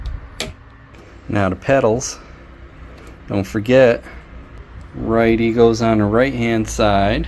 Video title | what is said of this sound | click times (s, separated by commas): Yadea Trooper 01 750 watt 20ah Electric bike. Fat Tire E-bike, assembly, test, specs, conclusion | make sure you put them nice and tight they should click in place | 0.4 s